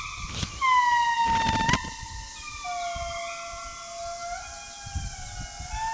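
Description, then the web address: Indris wailing in drawn-out, siren-like tones, each note gliding slowly downward and overlapping with others. Madagascar. "Madagascar mammals indris indris"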